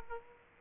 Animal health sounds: mosquito wingbeat signal from an infrared sensor; Aedes aegypti

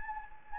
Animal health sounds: mosquito wingbeat signal from an infrared sensor; Anopheles gambiae

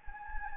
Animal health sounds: mosquito wingbeat signal from an infrared sensor; Anopheles gambiae

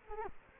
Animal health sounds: mosquito wingbeat signal from an infrared sensor; Culex quinquefasciatus

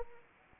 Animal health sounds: mosquito wingbeat signal from an infrared sensor; Anopheles arabiensis

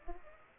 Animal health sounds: mosquito wingbeat signal from an infrared sensor; Aedes aegypti

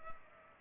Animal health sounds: mosquito wingbeat signal from an infrared sensor; Culex pipiens

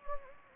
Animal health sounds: mosquito wingbeat signal from an infrared sensor; Anopheles gambiae

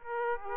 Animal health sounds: mosquito wingbeat signal from an infrared sensor; Aedes aegypti

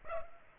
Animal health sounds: mosquito wingbeat signal from an infrared sensor; Culex pipiens

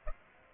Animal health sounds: mosquito wingbeat signal from an infrared sensor; Aedes aegypti

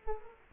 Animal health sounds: mosquito wingbeat signal from an infrared sensor; Culex quinquefasciatus

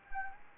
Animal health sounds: mosquito wingbeat signal from an infrared sensor; Anopheles gambiae

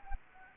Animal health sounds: mosquito wingbeat signal from an infrared sensor; Anopheles gambiae

